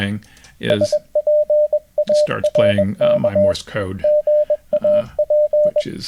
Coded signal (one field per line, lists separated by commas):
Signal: Morse code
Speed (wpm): 21 wpm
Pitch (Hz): 600 Hz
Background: speech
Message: SPARK GAP